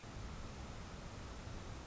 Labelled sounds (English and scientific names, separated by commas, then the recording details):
Northern Flicker (Colaptes auratus)
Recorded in Sonoma County, California